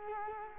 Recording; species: mosquito wingbeat signal from an infrared sensor; Culex quinquefasciatus